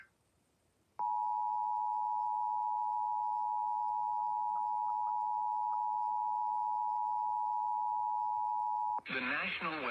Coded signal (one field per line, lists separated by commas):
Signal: Emergency Alert System (SAME) tones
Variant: 853 and 960 Hz attention tone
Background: speech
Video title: EAS Severe T’storm Warning #31 3/14/25 (Credit Goes To @SouthernPennsylvaniaWX & @KanawhaCountyWX)